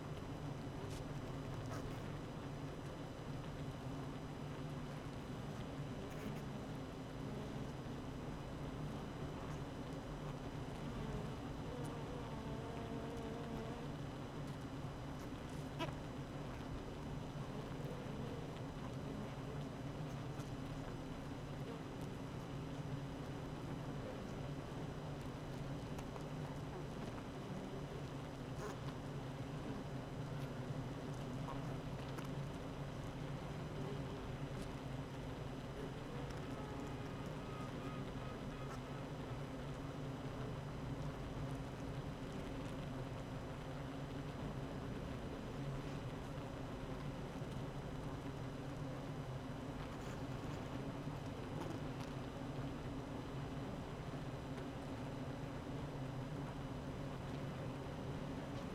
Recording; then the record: honeybee colony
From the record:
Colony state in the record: active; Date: 12 June 2018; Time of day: 8:10